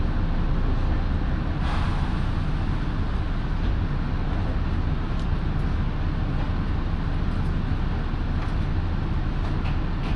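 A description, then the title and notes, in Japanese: A local train on the Minobu Line, riding from Minobu toward Ichikawadaimon, with a steady, dense low rumble that holds at an even level throughout. Faint brief clicks and rattles surface now and then, with a brighter scrape near two seconds. 耳で楽しむ鉄道旅 身延線普通 身延→市川大門。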